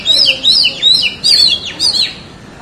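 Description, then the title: Oriental magpie-robin song: clear high whistles sliding up and down in five quick bursts. "Kacer"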